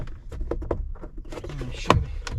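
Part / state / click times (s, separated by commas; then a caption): cabin air filter cover into the housing behind the glove box / seated / 1.9 s. A plastic cabin air filter access cover on an F150 EcoBoost is pushed by its tabs into the housing behind the glove box, with soft tapping and handling noises leading up to it. A sharp, loud click at 1.9 s marks the cover seating into place, followed by another lighter tap.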